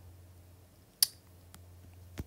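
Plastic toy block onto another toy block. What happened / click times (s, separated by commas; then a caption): The toy block snapped into place / 1.0 s. A plastic toy block is pushed onto another toy block and snaps into place with one sharp, loud click at 1.0 s, so it is seated. Two much fainter ticks follow at about 1.5 s and 2.2 s over a low steady hum.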